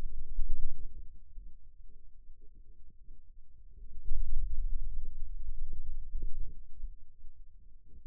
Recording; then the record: forearm muscle sounds (acoustic myography)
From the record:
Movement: pen grasping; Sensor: system 2, bracelet of six BSWA MPA416 microphones around the upper forearm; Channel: 2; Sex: male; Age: 22 years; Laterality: right